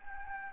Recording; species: mosquito wingbeat signal from an infrared sensor; Anopheles gambiae